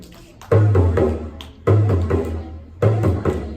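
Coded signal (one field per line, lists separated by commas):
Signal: talking drum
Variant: African hourglass drum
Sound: a low drum phrase of about four strokes, played three times in succession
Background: classroom room echo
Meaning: The drummed phrase says Merry Christmas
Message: Merry Christmas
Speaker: Or Merry Christmas. Merry Christmas.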